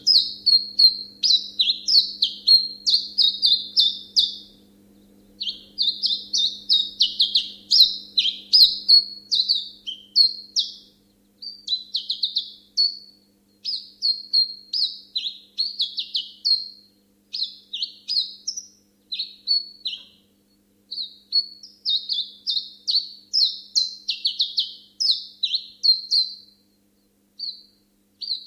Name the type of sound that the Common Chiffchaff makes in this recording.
song